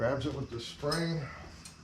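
A spring latch on a Bobcat cab windshield retainer is pushed up and turned so a small wedge rides up and the spring grabs it, while someone talks over the handling. A faint tick is heard near 1.7 s, but nothing has seated or clicked home yet.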